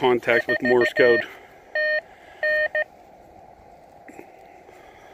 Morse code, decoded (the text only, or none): 4 T N